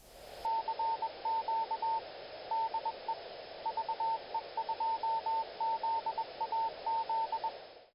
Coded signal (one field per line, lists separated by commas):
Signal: Morse code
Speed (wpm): 21 wpm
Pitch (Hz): 900 Hz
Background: radio noise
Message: CQ DE VE2ZAZ